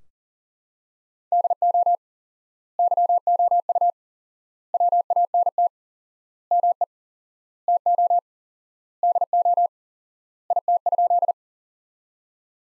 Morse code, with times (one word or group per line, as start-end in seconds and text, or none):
1.3-1.9 DO
2.8-3.9 YOU
4.7-5.7 WANT
6.5-6.8 ME
7.7-8.2 TO
9.0-9.7 DO
10.5-11.3 IT?